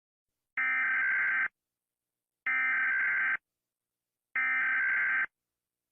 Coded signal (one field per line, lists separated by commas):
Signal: Emergency Alert System (SAME) tones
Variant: header bursts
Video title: Rating EAS alarms I guess